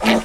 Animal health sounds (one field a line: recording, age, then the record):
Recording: pig call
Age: piglet (1 to 25 days)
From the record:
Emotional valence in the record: negative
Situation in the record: crushing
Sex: female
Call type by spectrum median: low-frequency call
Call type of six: low-frequency tonal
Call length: 0.24 s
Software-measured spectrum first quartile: 354 Hz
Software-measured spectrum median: 835 Hz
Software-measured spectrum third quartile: 2322 Hz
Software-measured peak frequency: 599 Hz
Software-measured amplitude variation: 119 dB a second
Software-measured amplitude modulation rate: 14.4 a second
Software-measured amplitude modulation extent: 8.3 dB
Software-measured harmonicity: 1.0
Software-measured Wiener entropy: -1.49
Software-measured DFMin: 725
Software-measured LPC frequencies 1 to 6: 622, 2192, 2913, 3812, 5873, 7507 Hz